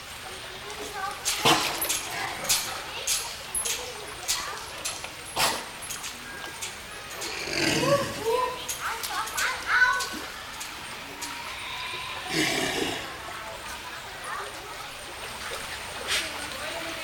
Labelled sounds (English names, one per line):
South American Fur Seal